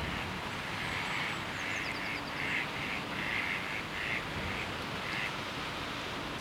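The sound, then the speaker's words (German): Ducks on a pond quack in a steady series of raspy, mid-pitched calls, with a few faint higher chirps, over a constant broad hiss of background noise and no talking. “Die Enten dümpeln. Enten dümpeln in Tümpeln.”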